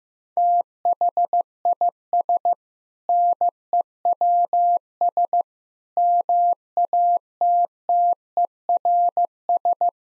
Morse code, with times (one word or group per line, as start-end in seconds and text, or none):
0.4-2.5 THIS
3.1-5.4 NEWS
6.0-9.9 MATTERS